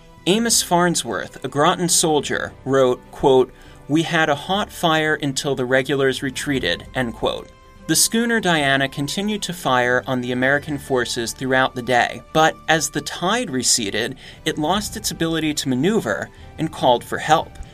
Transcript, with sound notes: Amos Farnsworth, a Groton soldier, wrote, “we had a hot [fire] until the regulars retreated.” The schooner Diana continued to fire on the American forces throughout the day, but as the tide receded, it lost its ability to maneuver and called for help.